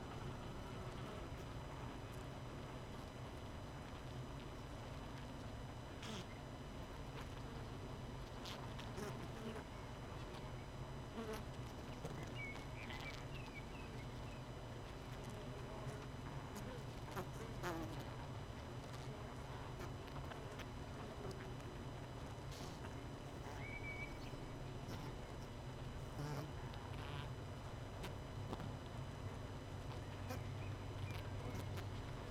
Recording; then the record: honeybee colony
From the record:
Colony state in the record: missing queen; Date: 31 May 2018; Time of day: 18:44